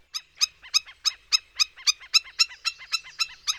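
Black-necked Stilt calling: a rapid series of sharp, yapping kek notes, roughly four each second, steady and insistent throughout.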